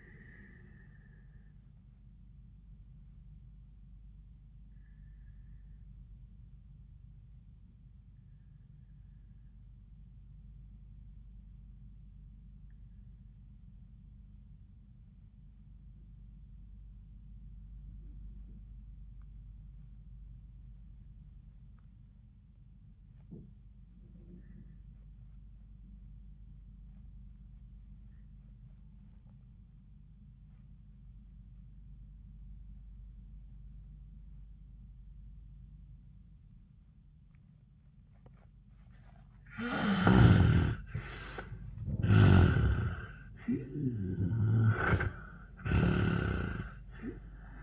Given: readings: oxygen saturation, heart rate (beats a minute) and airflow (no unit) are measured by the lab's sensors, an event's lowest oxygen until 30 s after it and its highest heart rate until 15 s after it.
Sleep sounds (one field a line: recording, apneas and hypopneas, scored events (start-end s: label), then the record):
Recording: breathing in sleep by a smartphone at the bedside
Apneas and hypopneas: 1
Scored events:
6.00-40.40 s: obstructive apnea (N1, oxygen 95% highest, then 71% lowest, heart rate 73 at the start, 96 highest)
27.00-47.63 s: new sleep stage, N2 (light sleep)
From the record:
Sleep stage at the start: N1 (lightest sleep)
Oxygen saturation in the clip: 76 to 95%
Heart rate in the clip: 70 to 96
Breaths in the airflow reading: 2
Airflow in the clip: -31.0 to 11.8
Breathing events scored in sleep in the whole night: 400 in 8.7 hours asleep